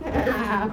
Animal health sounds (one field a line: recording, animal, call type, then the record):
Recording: contact call of a hoofed animal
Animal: goat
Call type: low-frequency (closed-mouth) or high-frequency (open-mouth) call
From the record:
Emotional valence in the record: positive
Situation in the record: food anticipation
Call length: 0.72 s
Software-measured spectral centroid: 1740 Hz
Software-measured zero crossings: 1520 a second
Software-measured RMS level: -24 dBFS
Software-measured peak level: -11 dBFS